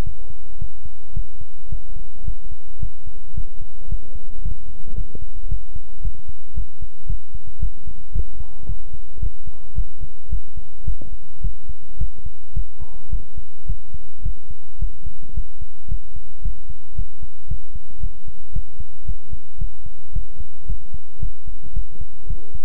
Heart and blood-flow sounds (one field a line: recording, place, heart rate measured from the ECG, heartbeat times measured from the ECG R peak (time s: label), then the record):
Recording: heart sounds by stethoscope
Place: between the tricuspid and mitral areas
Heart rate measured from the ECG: 111 bpm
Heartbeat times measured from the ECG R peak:
0.02 s: heartbeat
0.57 s: heartbeat
1.13 s: heartbeat
1.68 s: heartbeat
2.24 s: heartbeat
2.79 s: heartbeat
3.34 s: heartbeat
3.88 s: heartbeat
4.41 s: heartbeat
4.94 s: heartbeat
5.48 s: heartbeat
6.01 s: heartbeat
6.54 s: heartbeat
7.06 s: heartbeat
7.59 s: heartbeat
8.12 s: heartbeat
8.65 s: heartbeat
9.19 s: heartbeat
9.75 s: heartbeat
10.29 s: heartbeat
10.84 s: heartbeat
11.41 s: heartbeat
11.98 s: heartbeat
12.53 s: heartbeat
13.09 s: heartbeat
13.66 s: heartbeat
14.22 s: heartbeat
14.79 s: heartbeat
15.34 s: heartbeat
15.88 s: heartbeat
16.42 s: heartbeat
16.95 s: heartbeat
17.47 s: heartbeat
18.00 s: heartbeat
18.52 s: heartbeat
19.05 s: heartbeat
19.58 s: heartbeat
20.12 s: heartbeat
20.66 s: heartbeat
21.19 s: heartbeat
21.73 s: heartbeat
22.27 s: heartbeat
From the record:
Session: pedaling a stationary bicycle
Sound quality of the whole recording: good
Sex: male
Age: 24 years